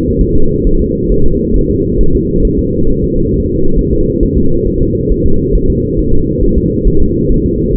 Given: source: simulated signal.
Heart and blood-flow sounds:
fetal heart sounds
0.21 s: S1
0.36 s: S2
0.67 s: S1
0.81 s: S2
1.12 s: S1
1.26 s: S2
1.56 s: S1
1.71 s: S2
2.00 s: S1
2.15 s: S2
2.45 s: S1
2.59 s: S2
2.89 s: S1
3.04 s: S2
3.34 s: S1
3.48 s: S2
3.79 s: S1
3.93 s: S2
4.23 s: S1
4.38 s: S2
4.67 s: S1
4.82 s: S2
5.11 s: S1
5.26 s: S2
5.55 s: S1
5.70 s: S2
5.99 s: S1
6.14 s: S2
6.43 s: S1
6.58 s: S2
6.87 s: S1
7.02 s: S2
7.31 s: S1
7.46 s: S2
7.76 s: S1
From the record:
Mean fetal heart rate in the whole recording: 135 bpm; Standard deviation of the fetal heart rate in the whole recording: 3 bpm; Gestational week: 36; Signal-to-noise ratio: -19.1 dB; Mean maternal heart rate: 72 bpm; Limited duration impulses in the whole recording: present

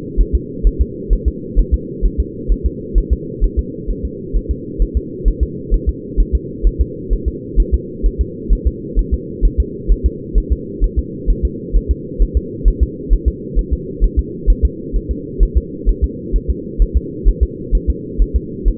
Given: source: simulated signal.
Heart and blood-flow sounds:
fetal heart sounds
0.21 s: S1
0.35 s: S2
0.67 s: S1
0.81 s: S2
1.13 s: S1
1.28 s: S2
1.59 s: S1
1.74 s: S2
2.06 s: S1
2.20 s: S2
2.52 s: S1
2.66 s: S2
2.98 s: S1
3.13 s: S2
3.44 s: S1
3.59 s: S2
3.90 s: S1
4.05 s: S2
4.36 s: S1
4.51 s: S2
4.82 s: S1
4.97 s: S2
5.28 s: S1
5.43 s: S2
5.74 s: S1
5.89 s: S2
6.20 s: S1
6.35 s: S2
6.67 s: S1
6.81 s: S2
7.13 s: S1
7.28 s: S2
7.60 s: S1
7.74 s: S2
8.06 s: S1
8.21 s: S2
8.53 s: S1
8.67 s: S2
8.99 s: S1
9.14 s: S2
9.45 s: S1
9.60 s: S2
9.91 s: S1
10.06 s: S2
10.38 s: S1
10.52 s: S2
10.84 s: S1
10.99 s: S2
11.30 s: S1
11.45 s: S2
11.76 s: S1
11.91 s: S2
12.22 s: S1
12.37 s: S2
12.68 s: S1
12.83 s: S2
13.13 s: S1
13.28 s: S2
13.59 s: S1
13.73 s: S2
14.04 s: S1
14.19 s: S2
14.50 s: S1
14.65 s: S2
14.96 s: S1
15.11 s: S2
15.43 s: S1
15.57 s: S2
15.89 s: S1
16.04 s: S2
16.36 s: S1
16.50 s: S2
16.82 s: S1
16.97 s: S2
17.28 s: S1
17.43 s: S2
17.75 s: S1
17.90 s: S2
18.22 s: S1
18.36 s: S2
18.68 s: S1
From the record:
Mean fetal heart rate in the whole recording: 130 bpm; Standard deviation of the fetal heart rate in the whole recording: 2 bpm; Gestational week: 36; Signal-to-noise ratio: -4.1 dB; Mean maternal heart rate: no maternal heart sound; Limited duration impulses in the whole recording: absent

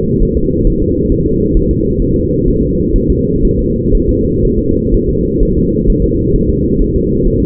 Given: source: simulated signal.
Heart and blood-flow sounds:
fetal heart sounds
0.23 s: S1
0.37 s: S2
0.67 s: S1
0.82 s: S2
1.12 s: S1
1.26 s: S2
1.57 s: S1
1.71 s: S2
2.02 s: S1
2.16 s: S2
2.48 s: S1
2.62 s: S2
2.96 s: S1
3.10 s: S2
3.45 s: S1
3.59 s: S2
3.95 s: S1
4.09 s: S2
4.45 s: S1
4.59 s: S2
4.94 s: S1
5.09 s: S2
5.43 s: S1
5.57 s: S2
5.90 s: S1
6.04 s: S2
6.36 s: S1
6.50 s: S2
6.82 s: S1
6.96 s: S2
7.28 s: S1
7.42 s: S2
From the record:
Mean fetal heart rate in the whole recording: 130 bpm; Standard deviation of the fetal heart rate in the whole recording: 4 bpm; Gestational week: 38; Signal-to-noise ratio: -10.2 dB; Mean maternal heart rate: 72 bpm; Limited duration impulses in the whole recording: present

